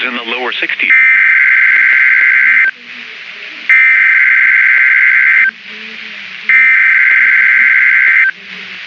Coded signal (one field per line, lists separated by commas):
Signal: Emergency Alert System (SAME) tones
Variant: header bursts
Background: speech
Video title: [Very Late] EAS#13 & 14 Wisconsin Statewide Tornado Watch & Warning Day Drill (Valid NOAA EAS Tones)